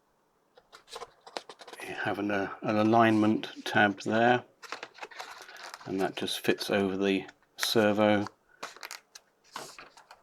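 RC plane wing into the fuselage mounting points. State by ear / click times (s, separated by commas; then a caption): not seated / none. The foam wing of a Radiolink A560 RC plane is being handled into place on the fuselage, its alignment tab fitting over the servo at the wing attachment points. Someone talks while light tapping and crinkling handling sounds come and go. Nothing has seated or clicked yet.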